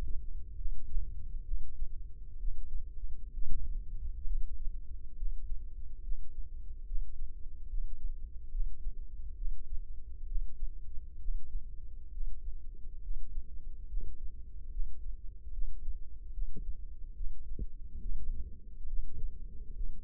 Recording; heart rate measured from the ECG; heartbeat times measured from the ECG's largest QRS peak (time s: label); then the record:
heart sounds by microphone in the left ear; 69 bpm
0.55 s: heartbeat
1.45 s: heartbeat
2.38 s: heartbeat
3.32 s: heartbeat
4.25 s: heartbeat
5.15 s: heartbeat
6.01 s: heartbeat
6.85 s: heartbeat
7.67 s: heartbeat
8.50 s: heartbeat
9.35 s: heartbeat
10.25 s: heartbeat
11.18 s: heartbeat
12.10 s: heartbeat
13.00 s: heartbeat
13.87 s: heartbeat
14.69 s: heartbeat
15.51 s: heartbeat
16.32 s: heartbeat
17.14 s: heartbeat
17.99 s: heartbeat
18.86 s: heartbeat
19.73 s: heartbeat
From the record:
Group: healthy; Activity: rest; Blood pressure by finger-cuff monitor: 109/72 mmHg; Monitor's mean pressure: 86 mmHg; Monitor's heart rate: 71 bpm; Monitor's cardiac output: 5.2 L/min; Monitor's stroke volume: 74 mL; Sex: male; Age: 35 years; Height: 178 cm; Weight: 64 kg